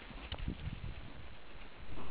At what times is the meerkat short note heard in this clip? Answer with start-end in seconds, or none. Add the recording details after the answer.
none. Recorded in the Kuruman River Reserve, South Africa. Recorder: an audio tag on a meerkat's collar